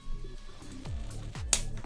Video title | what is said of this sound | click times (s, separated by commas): ROKR Mechanical Cruiser Motorcycle Step-by-Step Assembly - Part 3 | There we go, heard that click? That is brilliant. That's exactly what I like to hear. | 1.5 s